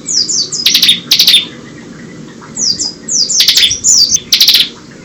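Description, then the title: Bar-winged prinia song: high descending slurred notes mixed with bursts of rapid buzzy, clicking trills, phrases repeated with short pauses over a low steady hum. "Ciblek"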